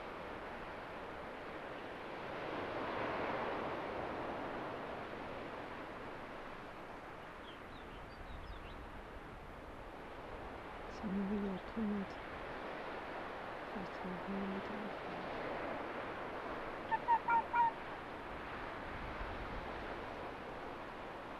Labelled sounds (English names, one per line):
Arctic Fox